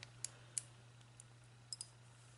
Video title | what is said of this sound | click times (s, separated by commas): Rainbow Translucent Skinner Blend Collar Necklace | and when you properly close a jump ring you will actually hear it click | 0.6 s